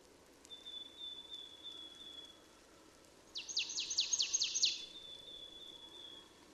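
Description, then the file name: Marsh tit giving a rapid series of sharp, high descending notes, with a thin steady whistle also heard before and after. "Poecile palustris"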